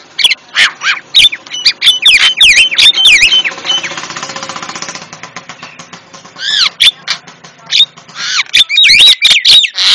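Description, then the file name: Javan myna song of varied chattering notes and sharp whistles, with a harsh buzzy rattling passage in the middle before the rapid notes return. Used to train cage birds; myna described as white-eyed (mata putih). "masteran jalak kebo mata putih"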